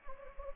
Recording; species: mosquito wingbeat signal from an infrared sensor; Anopheles gambiae